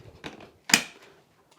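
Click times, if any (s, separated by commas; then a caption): 0.7 s. The plastic handheld main body of a Shark IZ251UK Anti Hair Wrap DuoClean cordless vacuum is pushed onto the top of the wand. Some softer knocks and handling sounds come first, then a loud, sharp click at 0.7 s as the main body seats onto the wand.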